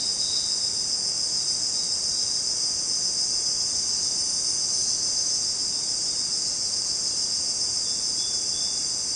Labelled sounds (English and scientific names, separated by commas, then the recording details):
none
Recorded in dense forest near Puerto Asís, Putumayo, Colombia, on 23 June 2025 at 18:30
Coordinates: 0.484, -76.317
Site G045